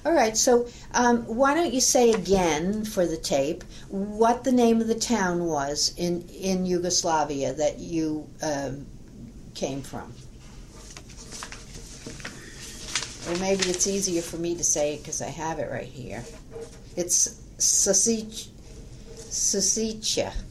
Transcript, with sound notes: All right, so umm, why don't you say again for the tape, what the name of the town was, in—in Yugoslavia, that you, um, came from? (shuffling papers) Or maybe it's easier for me to say it, 'cause I have it right here. It's Su—Susica,